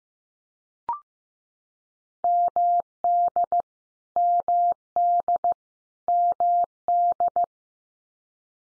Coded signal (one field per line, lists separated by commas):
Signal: Morse code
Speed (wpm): 15 wpm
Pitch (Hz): 700 Hz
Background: none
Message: MD MD MD